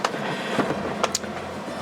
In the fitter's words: You'll hear a little tiny click.